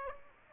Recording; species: mosquito wingbeat signal from an infrared sensor; Aedes aegypti